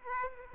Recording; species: mosquito wingbeat signal from an infrared sensor; Aedes aegypti